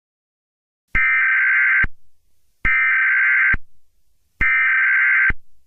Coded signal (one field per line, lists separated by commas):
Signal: Emergency Alert System (SAME) tones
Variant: header bursts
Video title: EAS Scenario #1: Trolls Destruction of Earth - Remastered